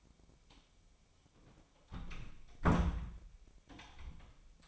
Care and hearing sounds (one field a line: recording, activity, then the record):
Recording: daily activity, microphone in the room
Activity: close door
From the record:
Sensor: 1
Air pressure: 1007.2 hPa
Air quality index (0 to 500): 199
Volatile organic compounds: 20 ppm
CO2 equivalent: 2692 ppm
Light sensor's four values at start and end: 13/34/14/15 and 13/32/13/15